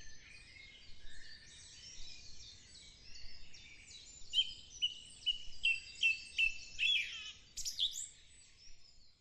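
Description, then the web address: Thrush singing, varied twittering phrases, then a series of clear repeated whistled notes, other birds chirping in the background. "numbersquash thrush"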